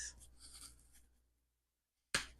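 A plastic lid is lined up on a milk maker machine and turned to the right with a soft scraping, rubbing sound that fades to near silence. It snaps locked with one sharp click at 2.2 s, and the lid is seated; it has to be turned hard to lock.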